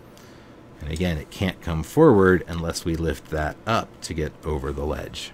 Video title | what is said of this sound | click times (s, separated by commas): Walther P38 (P1) complete disassembly and reassembly | you just push it down and back like that, and it'll snap into place just like that. | 0.2 s